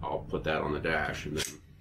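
Someone talks while handling a handheld two-way radio, a UV-5, at a 3D-printed plastic mount meant for a dashboard. The radio has not snapped into the mount yet, and nothing has seated or clicked within the clip.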